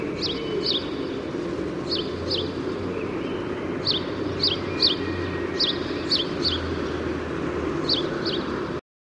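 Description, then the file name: House sparrow chirps, short bright notes often paired, given in loose bursts over a steady low background rumble. "Passer domesticus"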